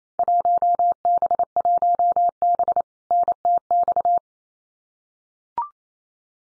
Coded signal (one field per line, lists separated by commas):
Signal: Morse code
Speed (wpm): 28 wpm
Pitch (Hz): 700 Hz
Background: none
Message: 1B1B NTX